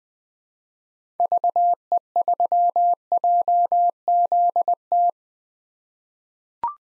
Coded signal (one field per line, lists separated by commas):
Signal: Morse code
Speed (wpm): 20 wpm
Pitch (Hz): 700 Hz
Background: none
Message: VE3JZT